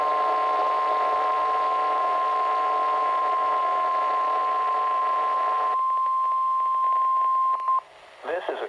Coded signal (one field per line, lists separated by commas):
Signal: Emergency Alert System (SAME) tones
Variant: 1050 Hz attention tone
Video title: [100TH ALERT!!!] REQUIRED WEEKLY TEST (EAS ALERT 100)